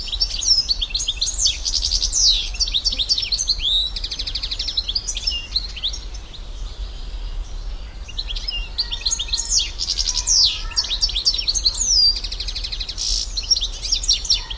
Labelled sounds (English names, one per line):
European Goldfinch song